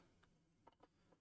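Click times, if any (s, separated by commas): none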